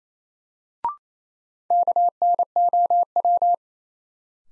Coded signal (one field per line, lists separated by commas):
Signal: Morse code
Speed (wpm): 28 wpm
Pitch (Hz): 700 Hz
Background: none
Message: KNOW